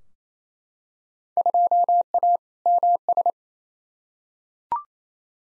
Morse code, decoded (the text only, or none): 2A MS